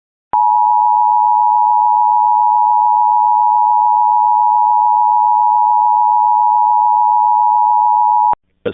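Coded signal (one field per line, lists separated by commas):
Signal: Emergency Alert System (SAME) tones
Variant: 853 and 960 Hz attention tone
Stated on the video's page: Mississippi Amber Alert test.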